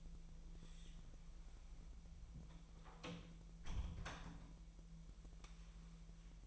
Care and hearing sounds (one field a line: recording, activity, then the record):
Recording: daily activity, microphone in the room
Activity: close door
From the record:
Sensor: 1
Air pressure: 1001.2 hPa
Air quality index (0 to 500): 249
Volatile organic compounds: 146 ppm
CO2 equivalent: 4006 ppm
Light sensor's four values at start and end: 7/16/6/6 and 7/16/6/6